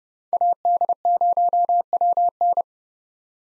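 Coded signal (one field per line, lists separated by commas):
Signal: Morse code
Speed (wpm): 29 wpm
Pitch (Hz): 700 Hz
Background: none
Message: AD0WN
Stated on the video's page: Head-copy drill at 30 wpm of common POTA hunter call signs, each sent in Morse, spoken, then sent again.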